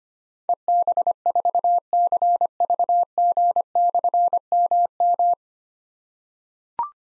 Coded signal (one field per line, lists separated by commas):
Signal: Morse code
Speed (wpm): 25 wpm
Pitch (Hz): 700 Hz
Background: none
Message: EB4CVG/MM